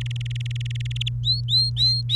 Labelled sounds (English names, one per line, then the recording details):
Domestic Canary song
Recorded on 29 April 2018 at 15:40
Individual llb3